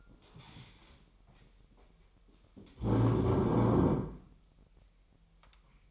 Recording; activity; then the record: daily activity, microphone in the room; stand up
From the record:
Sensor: 1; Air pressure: 1002.0 hPa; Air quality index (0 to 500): 241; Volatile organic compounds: 102 ppm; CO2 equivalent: 3769 ppm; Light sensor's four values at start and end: 10/24/10/11 and 10/23/9/11